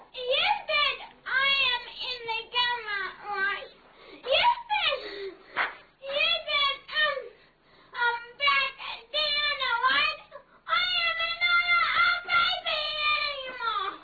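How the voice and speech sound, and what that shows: Very high-pitched, strained voice of a girl with cri du chat syndrome, with imprecise, drawn-out syllables typical of the condition. She communicates mainly with facial and whole-body gestures, pointing and natural signs; her speech has improved greatly through exposure to language.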